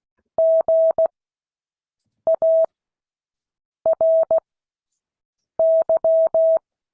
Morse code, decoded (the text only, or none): GARY